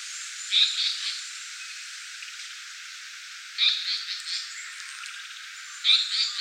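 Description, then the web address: Japanese paradise flycatcher singing three short phrases, each a sharp opening note followed by a few softer trailing ones, with quiet pauses between. "birdenaga sankoutyou"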